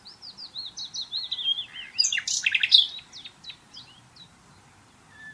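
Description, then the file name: Common nightingale song: a run of soft slurred whistles rising and falling, then a loud, rapid burst of sharp chattering notes that fades into scattered chips. "Luscinia megarhynchos"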